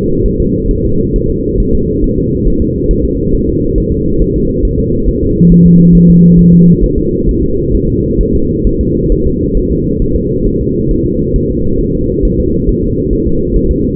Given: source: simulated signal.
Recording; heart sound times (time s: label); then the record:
fetal heart sounds
0.26 s: S1
0.40 s: S2
0.71 s: S1
0.85 s: S2
1.16 s: S1
1.30 s: S2
1.60 s: S1
1.75 s: S2
2.04 s: S1
2.19 s: S2
2.48 s: S1
2.62 s: S2
2.91 s: S1
3.05 s: S2
3.34 s: S1
3.49 s: S2
3.78 s: S1
3.92 s: S2
4.22 s: S1
4.36 s: S2
4.65 s: S1
4.80 s: S2
5.09 s: S1
5.23 s: S2
5.52 s: S1
5.66 s: S2
5.95 s: S1
6.10 s: S2
6.39 s: S1
6.54 s: S2
6.84 s: S1
6.98 s: S2
7.29 s: S1
7.43 s: S2
7.75 s: S1
7.89 s: S2
8.21 s: S1
8.35 s: S2
8.67 s: S1
8.81 s: S2
9.12 s: S1
9.27 s: S2
9.57 s: S1
9.72 s: S2
10.02 s: S1
10.16 s: S2
10.47 s: S1
10.61 s: S2
10.91 s: S1
11.06 s: S2
11.36 s: S1
11.50 s: S2
11.81 s: S1
11.95 s: S2
12.25 s: S1
12.40 s: S2
12.69 s: S1
12.84 s: S2
13.13 s: S1
13.27 s: S2
13.56 s: S1
13.71 s: S2
From the record:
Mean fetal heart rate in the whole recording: 135 bpm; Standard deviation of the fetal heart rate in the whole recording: 3 bpm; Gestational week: 36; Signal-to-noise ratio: -15.3 dB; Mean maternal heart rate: 72 bpm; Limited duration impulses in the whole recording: present